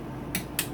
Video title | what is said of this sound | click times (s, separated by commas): 1:11 CRF450R Full Motor Rebuild 2017-2024 (Part 3). New crank and piston on this Honda engine. | Make sure it clicks for all. | 0.3 s, 0.6 s